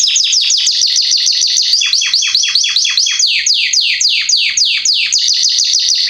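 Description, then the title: Belgian canary song: a continuous rapid series of loud down-slurred chirps, with a few brief flat notes mixed in. Male Belgian canary named Salsa singing a lot and very strongly; used to warm up young canaries. "Canary Training Esquente Seu Filhote E Canario Belga Macho Cantando Muito. Canrio Belga Salsa cantando muito forte"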